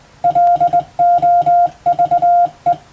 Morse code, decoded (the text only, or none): LOVE